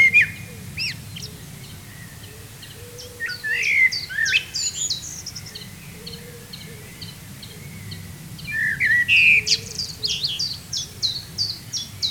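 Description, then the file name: Blackbird song with fluted phrases and many high squeaky twitters, while a low soft cooing hoot repeats steadily underneath. "Turdus merula"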